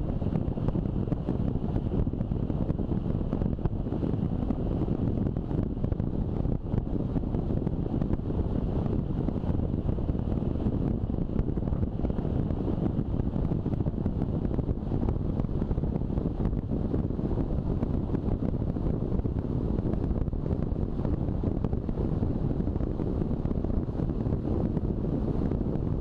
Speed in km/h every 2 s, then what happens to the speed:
32, 32, 31, 33, 35, 36, 38, 39, 40, 40, 40, 38, 38.
0-26 speeds up to 38.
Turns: none.